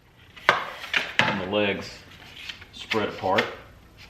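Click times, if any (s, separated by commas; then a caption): none. The folding legs of a Milwaukee 2132-20 LED tower light are spread apart on its base by squeezing the tabs, moving a leg toward its locked open position. Sharp knocks land near 0.5, 1.0 and 1.2 seconds, with rubbing handling noise between them while someone talks. Nothing has seated or clicked yet.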